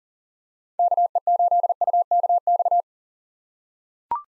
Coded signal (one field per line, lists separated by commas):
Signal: Morse code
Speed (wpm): 37 wpm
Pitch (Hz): 700 Hz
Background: none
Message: KE8UKX